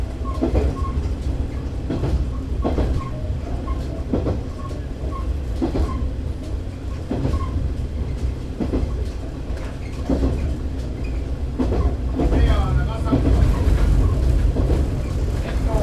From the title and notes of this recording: Oito Line 427D (Kiha 52-126) Himekawa to Itoigawa. On the Oito Line of JR West, the diesel railcars of the former Japanese National Railways were once active until the end. I remember that many railroad fans were on board. ZOOM H2.